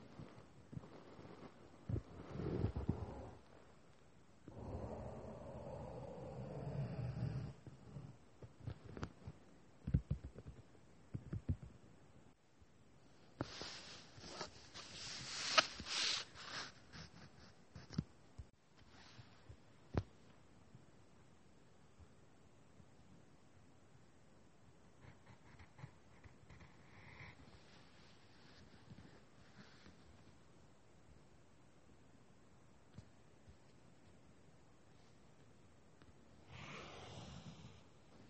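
Drawing and writing sounds come in irregular bursts of scratching and rubbing strokes, loudest around 13–17 seconds, with quieter stretches and soft taps between.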